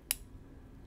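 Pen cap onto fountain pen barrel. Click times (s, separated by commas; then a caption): 0.1 s. A fountain pen is capped again, with the cap pressed onto its metal barrel. After smooth tension, it snaps shut with one sharp, bright click at 0.1 s. Only a faint low hum follows.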